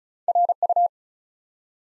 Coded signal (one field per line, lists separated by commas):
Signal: Morse code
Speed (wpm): 36 wpm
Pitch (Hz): 700 Hz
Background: none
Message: RU